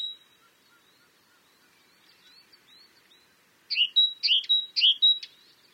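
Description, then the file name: Great tit giving faint, soft whistles at first, then bursting into several loud two-note phrases, each a low note plus a high whistle. "Parus major"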